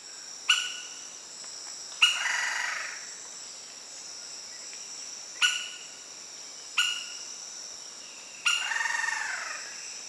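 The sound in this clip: Lineated woodpecker calls: loud, sharp single notes at irregular intervals, some followed by a rough trailing burst, over a steady high insect hum.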